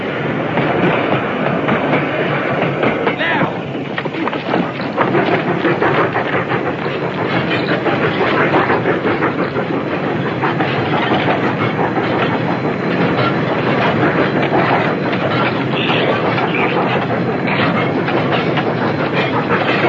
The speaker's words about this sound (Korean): 어두운 밤, 달리는 기차에 뛰어오른 프랭크와 아키.